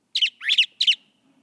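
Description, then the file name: Brown thrasher singing three rapid harsh, buzzy phrases in quick succession. "suara kicauan brown thrasher. omkicau"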